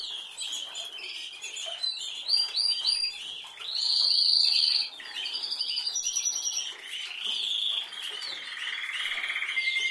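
Canary singing a continuous high warbling song that moves through bright trills, a sustained whistled tour, and rolling chattering phrases.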